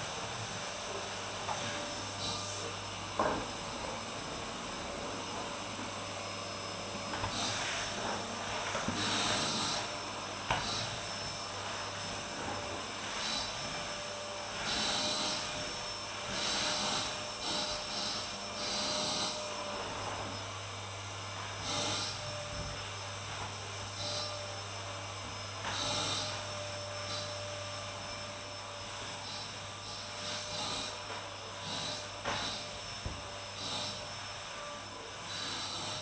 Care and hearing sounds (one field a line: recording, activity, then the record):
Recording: daily activity, microphone in the room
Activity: vacuum cleaning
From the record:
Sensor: 2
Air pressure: 988.5 hPa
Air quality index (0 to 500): 195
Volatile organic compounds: 210 ppm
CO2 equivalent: 4244 ppm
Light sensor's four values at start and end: 19/66/26/24 and 19/66/26/24